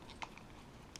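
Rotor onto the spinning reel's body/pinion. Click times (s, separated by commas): 1.0 s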